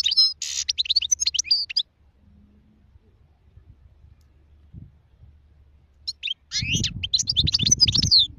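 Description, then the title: Goldfinch twittering in two bursts of quick, high chirps and trills with a quiet gap between, and low rumbling noise near the end. Wild goldfinch; singing, described as the most beautiful song. "اجمل غناءالحسون الخلويchant chardonneret sauvage"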